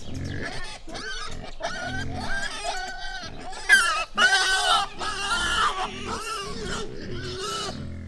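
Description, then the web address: Wild boar giving a rapid series of short squeals and grunts, about two per second, rising to a couple of louder, shrill squeals midway. Captive wild boar squealing, recorded at a zoo in Jászberény in 2015. "jaszberenyizoo 2015 professzionalis vaddiszno"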